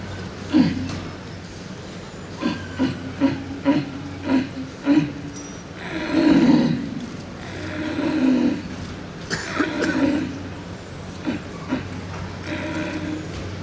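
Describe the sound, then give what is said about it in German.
A contestant imitates the rutting roar of a sitting red deer stag at the end of the rut: a run of short, deep, rhythmic grunts, then several longer, drawn-out moaning roars, with a steady low hum underneath. “wann er welchen Ruf zu setzen hat, um eventuell zu einem erstrebten Erfolg zu kommen. Sitzender Hirsch am Ende der Brumm.”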